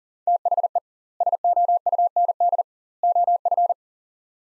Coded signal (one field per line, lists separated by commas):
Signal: Morse code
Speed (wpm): 38 wpm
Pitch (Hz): 700 Hz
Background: none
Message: THE SOUND OF